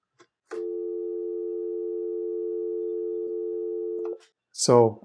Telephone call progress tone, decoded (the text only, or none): dial tone